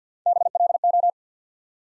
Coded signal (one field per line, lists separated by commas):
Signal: Morse code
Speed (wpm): 50 wpm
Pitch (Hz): 700 Hz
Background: none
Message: BLO